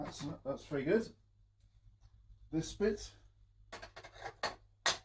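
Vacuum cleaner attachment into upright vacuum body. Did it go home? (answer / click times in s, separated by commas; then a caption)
yes / 4.9 s. A plastic vacuum cleaner attachment is pushed into its socket on a Shark corded upright vacuum cleaner body (1.1L, with anti hair wrap technology, LED headlights and lift). Someone talks, then a few small knocks lead up to a sharp click at 4.9 s as the attachment seats into place.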